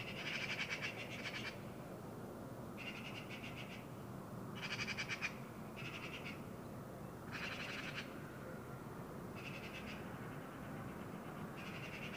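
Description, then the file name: Eurasian magpie chattering steadily, short harsh rattling bursts coming every second or two, some louder than others, with low constant noise beneath. "Pica pica"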